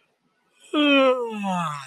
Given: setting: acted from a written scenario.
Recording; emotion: vocal sound without words; contentment